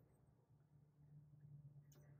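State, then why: Not seated. A crimped pin is pushed down through the red rubber seal of a multi-pin connector housing, with pliers brought in to help it along. There is a steady low hum with soft handling noise and a brief bright scrape near 1.9 seconds. The pin has not clicked or seated yet.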